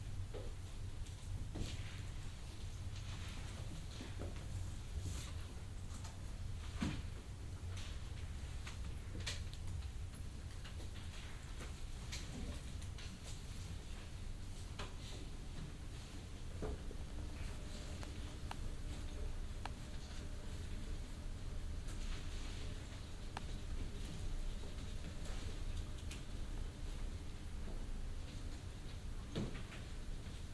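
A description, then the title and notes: A quiet library reading room with a steady low hum, scattered soft clicks, rustles and faint murmurs spread across the half minute. Quiet sounds in the reading room of the Central Library in The Hague.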